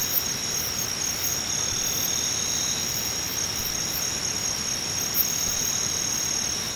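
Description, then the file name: Singing insects form a dense high trilling chorus, steady throughout, with rapid pulsing and a couple of sharp clicks. "nakumushi"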